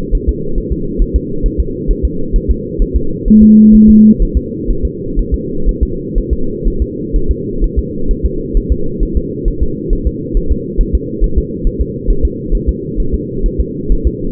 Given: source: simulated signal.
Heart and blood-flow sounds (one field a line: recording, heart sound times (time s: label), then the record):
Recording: fetal heart sounds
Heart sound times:
0.15 s: S1
0.29 s: S2
0.58 s: S1
0.72 s: S2
1.02 s: S1
1.16 s: S2
1.46 s: S1
1.60 s: S2
1.91 s: S1
2.05 s: S2
2.36 s: S1
2.51 s: S2
2.82 s: S1
2.97 s: S2
3.28 s: S1
3.43 s: S2
3.75 s: S1
3.89 s: S2
4.22 s: S1
4.37 s: S2
4.70 s: S1
4.85 s: S2
5.19 s: S1
5.34 s: S2
5.69 s: S1
5.83 s: S2
6.18 s: S1
6.33 s: S2
6.68 s: S1
6.82 s: S2
7.16 s: S1
7.31 s: S2
7.64 s: S1
7.79 s: S2
8.11 s: S1
8.26 s: S2
8.57 s: S1
8.72 s: S2
9.03 s: S1
9.17 s: S2
9.48 s: S1
9.63 s: S2
9.93 s: S1
10.07 s: S2
10.37 s: S1
10.52 s: S2
10.81 s: S1
10.95 s: S2
11.24 s: S1
11.38 s: S2
11.67 s: S1
11.81 s: S2
12.10 s: S1
12.25 s: S2
12.55 s: S1
12.69 s: S2
13.00 s: S1
13.14 s: S2
13.46 s: S1
13.60 s: S2
13.92 s: S1
14.07 s: S2
From the record:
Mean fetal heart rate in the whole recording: 130 bpm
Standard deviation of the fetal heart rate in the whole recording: 4 bpm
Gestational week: 38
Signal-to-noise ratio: -8.1 dB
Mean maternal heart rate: 72 bpm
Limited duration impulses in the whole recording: present